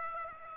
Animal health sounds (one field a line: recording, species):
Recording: mosquito wingbeat signal from an infrared sensor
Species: Aedes aegypti